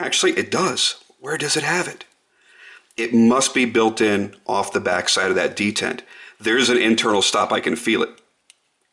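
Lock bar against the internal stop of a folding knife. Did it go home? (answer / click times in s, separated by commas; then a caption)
yes / 8.5 s. Someone talks while moving the titanium lock bar of a Crusader Forge VIS-T folding knife against its internal stop behind the detent ball. After the talking stops, a single sharp click is heard at 8.5 s as the lock bar seats against the stop.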